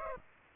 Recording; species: mosquito wingbeat signal from an infrared sensor; Aedes aegypti